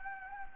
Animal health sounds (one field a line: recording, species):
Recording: mosquito wingbeat signal from an infrared sensor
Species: Anopheles gambiae